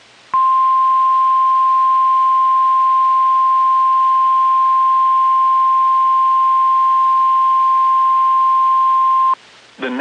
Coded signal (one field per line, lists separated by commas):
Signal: Emergency Alert System (SAME) tones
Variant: 1050 Hz attention tone